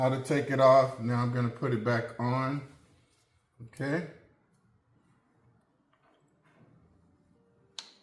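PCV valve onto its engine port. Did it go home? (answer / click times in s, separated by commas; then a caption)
yes / 7.8 s. A new PCV valve is pressed back onto its port on the engine of a 2020-2026 Chevy Blazer 2.0L (LSY), replacing a bad one. Someone talks for about the first four seconds, then after a quiet stretch a sharp snap is heard at 7.8 s as the valve seats into place.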